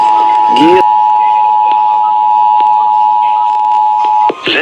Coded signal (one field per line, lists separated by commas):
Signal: Emergency Alert System (SAME) tones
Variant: 853 and 960 Hz attention tone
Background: speech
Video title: 2023 National Periodic Test on Several Radio Stations and WEA Activation (EAS #3613-3620)